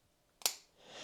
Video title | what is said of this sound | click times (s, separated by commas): Inforce WILD2 In-depth Review (4K) - VS Surefire X300 VS Streamlight TLR-9 | when you got to put this thing back on, you've really got to apply pressure here, and listen to how it locks into place. | 0.5 s